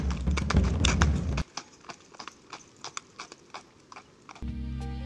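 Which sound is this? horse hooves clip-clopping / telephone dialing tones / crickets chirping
horse hooves clip-clopping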